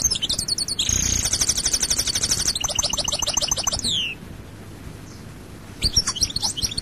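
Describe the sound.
European goldfinch song opens with brief twitters and a bright rapid trill, runs into rattling repeated notes and a falling slurred ending, then brief quiet before twittering resumes.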